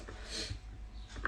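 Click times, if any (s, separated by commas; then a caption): 1.2 s. A chopping blade is fitted onto the spindle of a food processor jug over a low, steady background rumble with faint soft handling sounds. A single sharp click at 1.3 s marks the blade locking into place.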